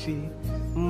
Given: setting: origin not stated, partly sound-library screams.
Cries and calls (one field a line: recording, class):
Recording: one-second piece from a danger detection set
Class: normal situation